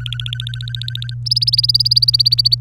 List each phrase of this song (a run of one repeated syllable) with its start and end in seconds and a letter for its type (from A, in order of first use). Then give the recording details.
0.00-1.14 A, 1.25-2.55 B. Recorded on 24 April 2018 at 18:12. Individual llb3